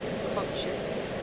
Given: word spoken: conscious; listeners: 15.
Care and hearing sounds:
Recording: one English word in noise, from a listening test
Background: speech-shaped noise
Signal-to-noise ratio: -6.4 dB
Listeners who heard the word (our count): 5 of 15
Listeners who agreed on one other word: 6 of 15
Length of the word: 0.83 s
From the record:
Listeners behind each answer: 6, 5, 1, 1, 1, 1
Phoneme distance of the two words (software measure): 17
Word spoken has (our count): 2 syllables, 6 phonemes, stress on syllable 1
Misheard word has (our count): 2 syllables, 5 phonemes, stress on syllable 1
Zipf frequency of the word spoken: 4.08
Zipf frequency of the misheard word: 3.95

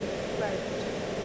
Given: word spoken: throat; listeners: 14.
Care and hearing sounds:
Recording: one English word in noise, from a listening test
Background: speech-shaped noise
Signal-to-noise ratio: -7.0 dB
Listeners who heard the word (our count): 0 of 14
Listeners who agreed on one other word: 7 of 14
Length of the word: 0.85 s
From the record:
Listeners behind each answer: 7, 3, 2, 1, 1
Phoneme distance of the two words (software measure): 17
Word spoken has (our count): 1 syllable, 4 phonemes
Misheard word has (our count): 1 syllable, 3 phonemes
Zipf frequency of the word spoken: 4.16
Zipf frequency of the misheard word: 5.28

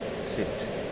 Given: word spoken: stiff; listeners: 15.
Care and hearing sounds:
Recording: one English word in noise, from a listening test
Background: speech-shaped noise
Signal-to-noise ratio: -4.2 dB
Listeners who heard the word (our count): 0 of 15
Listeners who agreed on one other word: 12 of 15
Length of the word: 0.52 s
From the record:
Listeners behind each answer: 12, 1, 1, 1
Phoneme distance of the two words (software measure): 17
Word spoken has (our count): 1 syllable, 4 phonemes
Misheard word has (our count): 1 syllable, 3 phonemes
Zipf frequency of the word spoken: 3.96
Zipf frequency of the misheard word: 5.14

